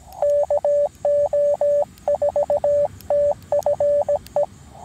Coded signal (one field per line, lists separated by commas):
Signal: Morse code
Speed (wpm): 17 wpm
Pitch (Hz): 580 Hz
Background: radio noise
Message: KO4TFE